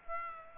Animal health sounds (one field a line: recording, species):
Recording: mosquito wingbeat signal from an infrared sensor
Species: Aedes aegypti